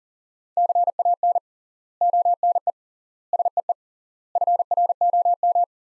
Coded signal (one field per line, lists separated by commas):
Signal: Morse code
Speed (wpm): 40 wpm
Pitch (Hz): 700 Hz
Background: none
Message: CAN ONE SEE FROM